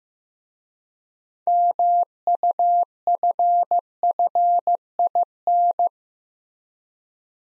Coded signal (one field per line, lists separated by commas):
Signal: Morse code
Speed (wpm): 15 wpm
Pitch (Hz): 700 Hz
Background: none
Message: MUFFIN